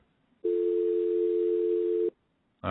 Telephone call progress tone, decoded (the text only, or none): dial tone